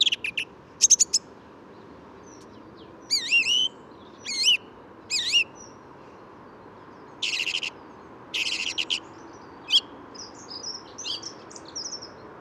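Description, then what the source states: Song thrush song: whistled phrases, some notes given two or three times, mixed with rasping scratchy bursts and a faint twittering at the end, over a low city rumble. Sings in what looks like an ash directly above the recordist, beak seen opening with each note; Bois de Vincennes; 14 February 2019, 8–10:30 am; radiant, almost spring-like weather; Nagra Seven, Telinga pro7.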